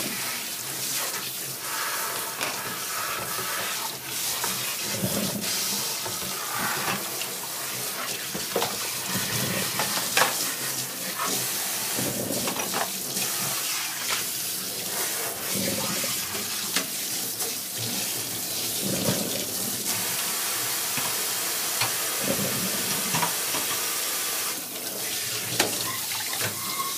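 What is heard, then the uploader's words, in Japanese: Make-ahead food being prepared for lunchboxes, with a steady rush of running water from a tap filling the whole stretch. Frequent sharp clicks and knocks of utensils and dishes break through at irregular moments, and a faint sizzle sits underneath. 環境音 弁当用につくりおき。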